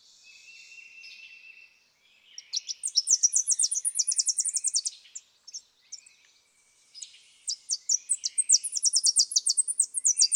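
Tennessee warbler singing two bursts of sharp, high ticking notes that quicken into fast trills, with softer high calls before them.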